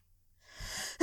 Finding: Sneeze.